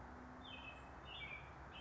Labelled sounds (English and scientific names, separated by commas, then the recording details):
American Robin (Turdus migratorius)
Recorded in Sonoma County, California